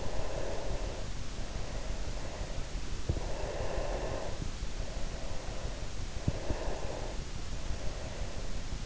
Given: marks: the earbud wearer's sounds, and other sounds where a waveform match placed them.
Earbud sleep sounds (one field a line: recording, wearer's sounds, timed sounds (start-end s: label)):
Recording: sounds in sleep by an in-ear microphone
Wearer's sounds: breath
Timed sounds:
0.00-2.92 s: breath
3.25-6.17 s: breath
6.50-8.71 s: breath